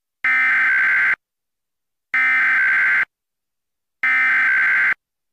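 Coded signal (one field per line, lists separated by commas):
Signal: Emergency Alert System (SAME) tones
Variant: header bursts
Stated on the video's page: EAS screen test.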